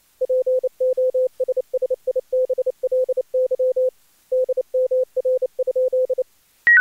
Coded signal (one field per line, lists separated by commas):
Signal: Morse code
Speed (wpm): 29 wpm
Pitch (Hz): 510 Hz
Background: none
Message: POSSIBLY DMR?